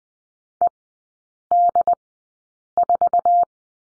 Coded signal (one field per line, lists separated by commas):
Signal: Morse code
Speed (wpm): 20 wpm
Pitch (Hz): 700 Hz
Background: none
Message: ED4